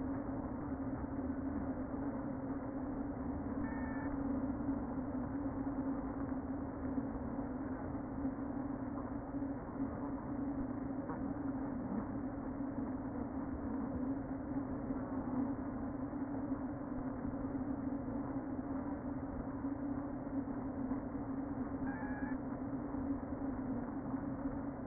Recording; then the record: honeybee colony, microphone inside the hive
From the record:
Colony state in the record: queen present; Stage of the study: before two queens were removed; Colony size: about 60,000 bees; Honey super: yes